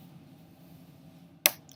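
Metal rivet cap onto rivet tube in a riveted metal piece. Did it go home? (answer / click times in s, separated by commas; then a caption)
yes / 1.5 s. A small metal rivet cap is slid down over its mating rivet tube in a riveted metal jewelry piece. After a low, quiet hum, it snaps into place with a sharp, bright click at 1.5 seconds, followed by a faint tick, leaving the cap seated.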